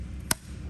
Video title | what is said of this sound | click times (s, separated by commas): 8 speed plug in the transmission | and lock you'll hear it click and it should look like that | 0.3 s